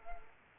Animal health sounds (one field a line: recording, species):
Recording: mosquito wingbeat signal from an infrared sensor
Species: Culex quinquefasciatus